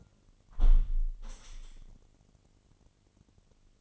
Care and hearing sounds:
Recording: daily activity, microphone in the room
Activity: close window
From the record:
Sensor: 4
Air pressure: 998.8 hPa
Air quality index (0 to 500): 113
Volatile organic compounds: 2 ppm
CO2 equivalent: 1109 ppm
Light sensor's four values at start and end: 10/24/9/10 and 10/24/9/10

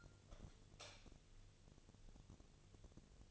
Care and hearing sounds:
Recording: daily activity, microphone in the room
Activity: light on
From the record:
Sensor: 4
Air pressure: 1000.9 hPa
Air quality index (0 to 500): 124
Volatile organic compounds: 1 ppm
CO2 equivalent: 934 ppm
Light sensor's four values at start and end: 33/79/33/35 and 35/87/36/39

